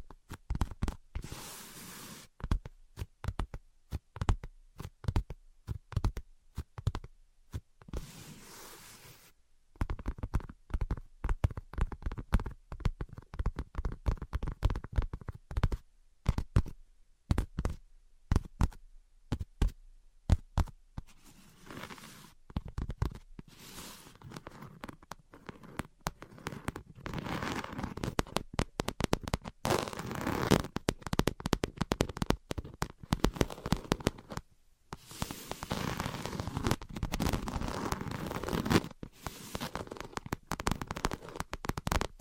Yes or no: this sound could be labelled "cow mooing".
no